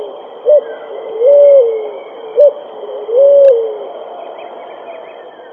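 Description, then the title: Pigeon coos: two pairs, each a short clipped note followed by a longer drawn-out coo, with a steady high whine in the background. "Canto Da Pomba"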